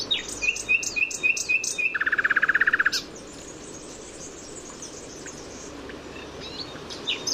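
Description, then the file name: Common nightingale singing a row of evenly repeated whistled notes, then a rapid rattling trill, followed by quieter scattered high notes and background hiss. "Luscinia megarhynchos"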